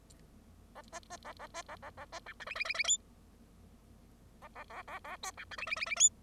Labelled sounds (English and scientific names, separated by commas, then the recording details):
Bengalese Finch (Lonchura striata domestica) song
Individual Bird0